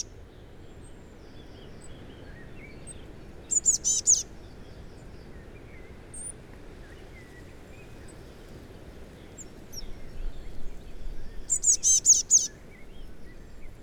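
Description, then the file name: Eurasian blue tit giving two short runs of high, thin repeated notes, roughly eight seconds apart, over a constant low outdoor hiss. "Cyanistes caeruleus"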